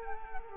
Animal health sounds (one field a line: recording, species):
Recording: mosquito wingbeat signal from an infrared sensor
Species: Culex quinquefasciatus